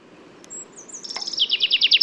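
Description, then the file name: Common chaffinch song beginning with a thin high whistle, then a series of sharp repeated notes growing louder, cut off before the end. "Fringilla coelebs"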